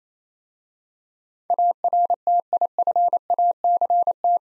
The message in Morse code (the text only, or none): ARTIFACT